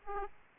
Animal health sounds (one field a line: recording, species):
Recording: mosquito wingbeat signal from an infrared sensor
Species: Aedes aegypti